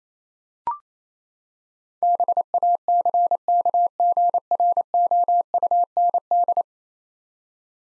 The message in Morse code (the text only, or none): BACKGROUND